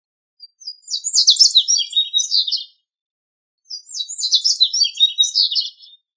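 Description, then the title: Bird song: two rapid phrases of high warbling chirps and trills, each lasting about two seconds, separated by a short pause, with silence around them. "LuckyPassaros CompletosSama"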